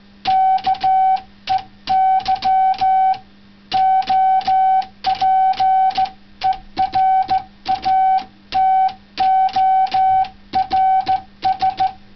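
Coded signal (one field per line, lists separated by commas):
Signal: Morse code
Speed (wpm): 15 wpm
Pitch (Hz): 760 Hz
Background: music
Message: KEY OPERATORS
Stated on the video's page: Sent from a typewriter converted into a CW keyboard.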